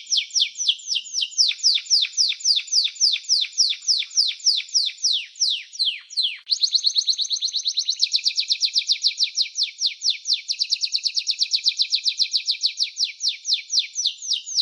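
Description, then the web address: Canary singing a long varied song: rows of fast downslurred notes, a brief break, then dense rapid trills at a steady high pitch switching between several repeated phrases. Champion singing canary. "kenari suara-kenari-juara-terbaik"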